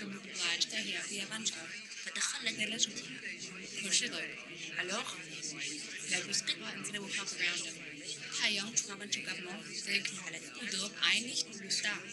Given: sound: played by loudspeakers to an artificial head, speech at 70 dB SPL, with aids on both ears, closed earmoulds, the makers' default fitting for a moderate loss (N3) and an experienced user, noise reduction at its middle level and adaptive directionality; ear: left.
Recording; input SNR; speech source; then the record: speech test signal (ISTS) in cocktail-party noise; 0 dB; in front (0 degrees)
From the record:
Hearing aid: class 1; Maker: J